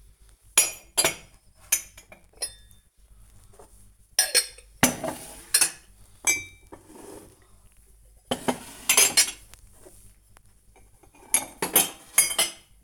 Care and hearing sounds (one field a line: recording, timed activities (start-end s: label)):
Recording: household activities, microphone on the right wrist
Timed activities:
0.00-12.83 s: putting away the dishes